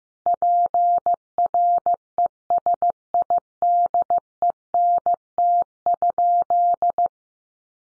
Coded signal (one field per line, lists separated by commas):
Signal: Morse code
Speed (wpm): 15 wpm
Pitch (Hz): 700 Hz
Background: none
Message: PRESIDENT?